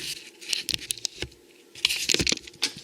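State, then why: Not seated. A blender cup is handled and fitted onto its Ninja blender base, producing a series of short, sharp plastic knocks and scrapes against a faint background hiss. The knocks are at about 0.5, 0.7, 1.9, 2.1 and 2.3 seconds. The cup has not yet seated or clicked into place by the end of the clip.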